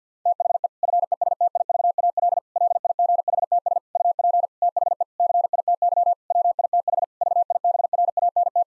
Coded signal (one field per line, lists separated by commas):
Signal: Morse code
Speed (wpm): 50 wpm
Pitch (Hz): 700 Hz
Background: none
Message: THE FESTIVAL LIGHTS UP THE CITY WITH VIBRANT